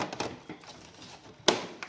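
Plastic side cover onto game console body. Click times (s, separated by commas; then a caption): 1.5 s. The plastic back/side cover of a PS5 game console is put back on and pushed home after an M.2 SSD is installed. A few softer knocks and rustles come first, then one sharp, loud snap at 1.5 s as the cover seats into place on the console body. The cover is confirmed seated.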